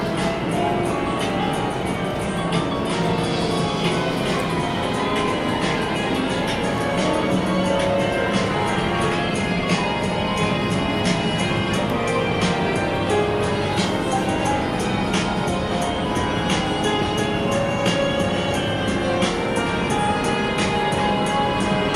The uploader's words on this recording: Arcade Plaza with lots of different games playing music all at once. Recorded in Sydney, Australia by Richard Watts.